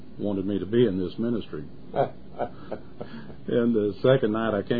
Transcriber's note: laughs